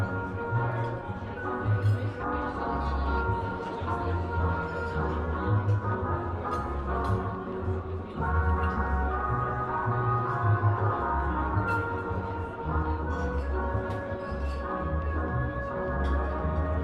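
Oldie music plays in a coffee shop, full and steady at an even loudness throughout. A low bass line pulses in a regular pattern under sustained chords and melody, with crisp percussive ticks scattered across the top every second or so.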